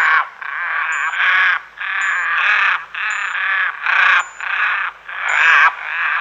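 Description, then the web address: Crow calls, coarse and grating, delivered in close succession with brief pauses, some notes drawn out and strained, while a thin high click recurs at steady intervals. "Kraehe"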